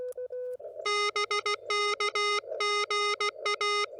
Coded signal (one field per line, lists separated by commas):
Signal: Morse code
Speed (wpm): 16 wpm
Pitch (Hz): 1240 Hz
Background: none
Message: BK GA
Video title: CW Pile Ups? No worries....